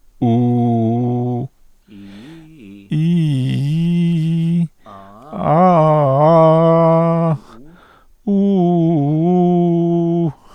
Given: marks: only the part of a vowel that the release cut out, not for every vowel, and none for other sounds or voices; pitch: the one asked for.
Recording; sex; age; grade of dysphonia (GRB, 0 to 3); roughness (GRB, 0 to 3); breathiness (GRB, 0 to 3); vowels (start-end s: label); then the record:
sustained vowels; male; 60 to 69 years; 2; 2; 1
0.26-1.38 s: vowel /u/, low pitch
2.97-4.42 s: vowel /i/, low-high-low pitch
5.49-7.25 s: vowel /a/, low-high-low pitch
8.31-10.23 s: vowel /u/, low-high-low pitch
From the record:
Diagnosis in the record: intubation granuloma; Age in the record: 65 years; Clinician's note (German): Klein, hinteres Drittel links, Stimmlippen soweit o.k.